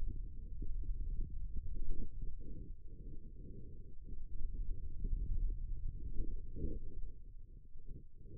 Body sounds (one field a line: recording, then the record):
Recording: forearm muscle sounds (acoustic myography)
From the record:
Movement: hand opening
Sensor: system 2, bracelet of six BSWA MPA416 microphones around the upper forearm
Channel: 4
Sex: male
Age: 22 years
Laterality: right